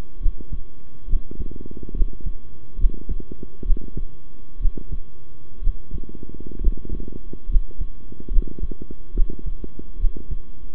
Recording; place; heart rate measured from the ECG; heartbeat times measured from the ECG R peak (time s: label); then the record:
heart sounds by stethoscope; between the tricuspid and mitral areas; 67 bpm
0.20 s: heartbeat
1.07 s: heartbeat
1.94 s: heartbeat
2.77 s: heartbeat
3.64 s: heartbeat
4.59 s: heartbeat
5.61 s: heartbeat
6.60 s: heartbeat
7.48 s: heartbeat
8.30 s: heartbeat
9.14 s: heartbeat
9.98 s: heartbeat
From the record:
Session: rest, sitting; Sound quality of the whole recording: good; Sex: male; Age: 23 years